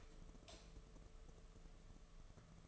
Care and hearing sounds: daily activity, microphone in the room; light off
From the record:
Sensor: 4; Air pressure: 1015.6 hPa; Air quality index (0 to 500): 180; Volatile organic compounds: 8 ppm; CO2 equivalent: 2082 ppm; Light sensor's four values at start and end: 23/57/24/26 and 23/53/23/24

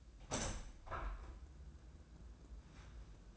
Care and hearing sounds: daily activity, microphone in the room; open window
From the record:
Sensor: 2

